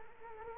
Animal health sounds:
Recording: mosquito wingbeat signal from an infrared sensor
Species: Culex quinquefasciatus

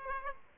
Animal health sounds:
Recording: mosquito wingbeat signal from an infrared sensor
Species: Aedes aegypti

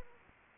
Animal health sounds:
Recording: mosquito wingbeat signal from an infrared sensor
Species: Anopheles arabiensis

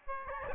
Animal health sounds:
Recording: mosquito wingbeat signal from an infrared sensor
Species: Aedes albopictus

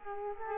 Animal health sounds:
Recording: mosquito wingbeat signal from an infrared sensor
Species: Culex quinquefasciatus

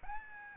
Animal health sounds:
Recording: mosquito wingbeat signal from an infrared sensor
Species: Aedes albopictus

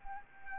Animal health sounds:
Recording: mosquito wingbeat signal from an infrared sensor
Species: Anopheles arabiensis

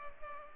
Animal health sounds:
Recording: mosquito wingbeat signal from an infrared sensor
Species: Culex pipiens

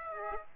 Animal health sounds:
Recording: mosquito wingbeat signal from an infrared sensor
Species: Aedes aegypti

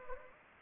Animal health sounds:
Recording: mosquito wingbeat signal from an infrared sensor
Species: Anopheles gambiae

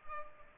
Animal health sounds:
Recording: mosquito wingbeat signal from an infrared sensor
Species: Culex pipiens

